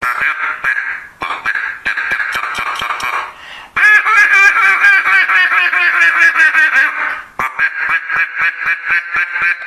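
Duck quacking in long runs of nasal calls, with a few short breaks between the runs.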